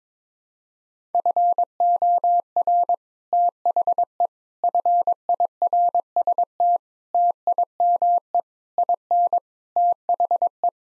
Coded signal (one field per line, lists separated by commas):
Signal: Morse code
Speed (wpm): 22 wpm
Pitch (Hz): 700 Hz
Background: none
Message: FOR THE FIRST TIME IN THE